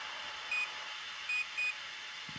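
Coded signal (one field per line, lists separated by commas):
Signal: beep code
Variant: Team Associated ESC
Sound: a single short high beep, a pause, then two quick short beeps over hiss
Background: background hiss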